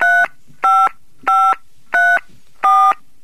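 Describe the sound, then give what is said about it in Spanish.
Five telephone dialing tones beep as a call is placed to Australia, in an even, steady rhythm. Each is a short, bright dual-pitched tone separated by brief silences. They are loud and clear, with no voices. “Bien, estamos llamando entonces.”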